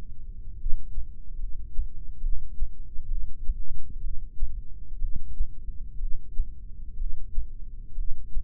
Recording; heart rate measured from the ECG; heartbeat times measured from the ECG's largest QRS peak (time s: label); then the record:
heart sounds by microphone in the left ear; 65 bpm
0.64 s: heartbeat
1.41 s: heartbeat
2.24 s: heartbeat
3.11 s: heartbeat
4.04 s: heartbeat
5.02 s: heartbeat
6.01 s: heartbeat
6.99 s: heartbeat
7.98 s: heartbeat
From the record:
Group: heart failure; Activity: rest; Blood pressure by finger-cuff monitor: 129/93 mmHg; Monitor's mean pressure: 109 mmHg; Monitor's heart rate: 64 bpm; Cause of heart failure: idiopathic cardiomyopathy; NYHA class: 1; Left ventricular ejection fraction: 50%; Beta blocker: bisoprolol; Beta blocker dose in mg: 5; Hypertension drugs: candesartan, spironolactone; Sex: male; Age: 54 years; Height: 180 cm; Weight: 94.6 kg